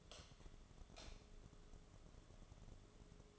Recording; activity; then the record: daily activity, microphone in the room; light on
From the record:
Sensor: 4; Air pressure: 1011.1 hPa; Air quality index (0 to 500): 146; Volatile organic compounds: 3 ppm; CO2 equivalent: 1497 ppm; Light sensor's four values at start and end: 144/377/160/166 and 145/379/160/166